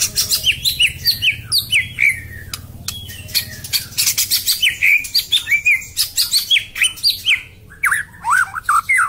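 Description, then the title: White-rumped shama song: a fast, continuous run of high whistles, chirps and clicks, varied and slurred, with a faint low hum beneath. Singing recording from Medan used as a training tape to teach cage birds to sing. "Suara murai batu medan super"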